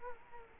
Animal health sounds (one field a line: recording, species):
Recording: mosquito wingbeat signal from an infrared sensor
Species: Culex quinquefasciatus